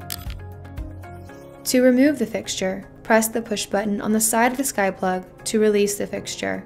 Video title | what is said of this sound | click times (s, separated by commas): How To Retrofit SkyPlug To a Chain Fixture - Plug & Play Lighting | once inserted let go and push up towards the ceiling until you hear a clicking sound | 0.1 s